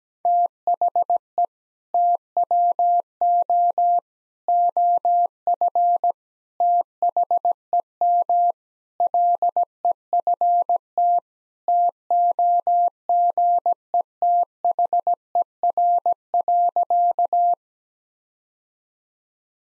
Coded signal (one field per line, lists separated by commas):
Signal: Morse code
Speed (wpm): 17 wpm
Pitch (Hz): 700 Hz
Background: none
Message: THE TWO OF THEM LEFT TOGETHER.